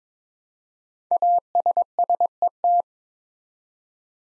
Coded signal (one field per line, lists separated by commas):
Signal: Morse code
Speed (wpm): 22 wpm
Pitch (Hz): 700 Hz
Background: none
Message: ASSET